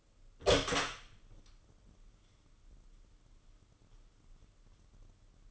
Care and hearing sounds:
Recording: daily activity, microphone in the room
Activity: open door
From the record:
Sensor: 4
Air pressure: 995.2 hPa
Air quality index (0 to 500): 185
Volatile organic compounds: 98 ppm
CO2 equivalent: 3742 ppm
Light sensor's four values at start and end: 6/13/5/6 and 15/37/14/17

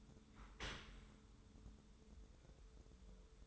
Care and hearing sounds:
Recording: daily activity, microphone in the room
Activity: open dishwasher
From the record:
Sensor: 3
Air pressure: 1015.0 hPa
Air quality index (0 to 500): 34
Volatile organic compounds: 1 ppm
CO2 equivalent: 555 ppm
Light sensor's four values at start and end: 11/26/11/11 and 11/26/11/11

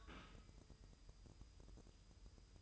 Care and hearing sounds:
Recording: daily activity, microphone in the room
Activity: take from stove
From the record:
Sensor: 2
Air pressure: 988.1 hPa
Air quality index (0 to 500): 191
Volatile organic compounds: 185 ppm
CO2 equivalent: 4161 ppm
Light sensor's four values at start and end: 21/70/27/26 and 21/70/27/26

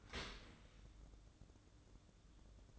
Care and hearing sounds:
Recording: daily activity, microphone in the room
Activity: open dishwasher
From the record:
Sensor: 3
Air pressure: 1012.3 hPa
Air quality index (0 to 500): 163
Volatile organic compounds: 2 ppm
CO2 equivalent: 1252 ppm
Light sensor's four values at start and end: 458/1127/462/453 and 461/1134/465/456

